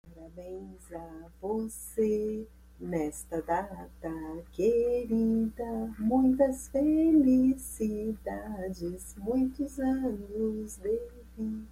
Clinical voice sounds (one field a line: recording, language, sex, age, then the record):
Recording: short text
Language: Brazilian Portuguese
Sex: female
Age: 50 to 59 years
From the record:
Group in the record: control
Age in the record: 54 years